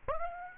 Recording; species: mosquito wingbeat signal from an infrared sensor; Aedes aegypti